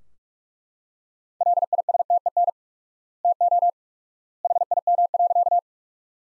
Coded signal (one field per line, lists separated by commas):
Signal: Morse code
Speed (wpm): 43 wpm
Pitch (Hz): 700 Hz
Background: none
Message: LISTEN TO HIM.